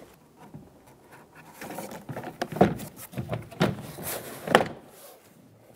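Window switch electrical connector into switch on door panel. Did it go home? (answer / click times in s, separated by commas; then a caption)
yes / 4.6 s. The electrical connector for the window switch is pushed onto the switch on the rear door panel of a 2012-2020 Chevrolet Sonic. Soft handling and scraping noises with several small ticks lead up to the loudest sharp click at 4.6 s, and the connector is seated and locked on.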